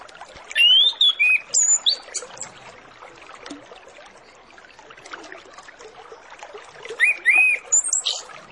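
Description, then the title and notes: Orange-headed Thrush song: a phrase of looping whistles and high thin notes, a long quiet stretch, then another whistled phrase near the end, with steady hiss. Master lure recording with full filler phrases, used to prompt Orange-headed Thrushes to start singing quickly. "Masteran Anis Kembang Full Isian Untuk Suara Pancingan Anis Kembang Agar Cepat Ngeplong. Suara Burung Anis Kembang"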